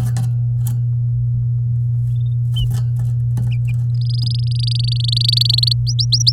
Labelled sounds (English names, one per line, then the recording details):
Domestic Canary song
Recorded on 8 May 2018 at 13:07
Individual llb16